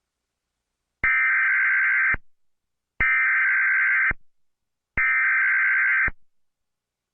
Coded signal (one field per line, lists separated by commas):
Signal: Emergency Alert System (SAME) tones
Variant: header bursts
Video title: Eas scenario: inquisitormaster werewolf